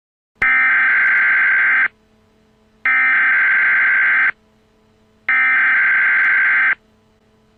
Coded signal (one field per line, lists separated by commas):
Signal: Emergency Alert System (SAME) tones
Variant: header bursts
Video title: EAS in Games - "Parasite Eve"